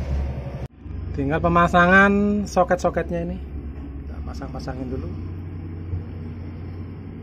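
An electrical wiring connector is being fitted to its mating socket on a Nissan Diesel truck during reassembly of the clutch area, with a low steady rumble underneath while someone talks. The connector is only being handled, and nothing has seated or clicked yet.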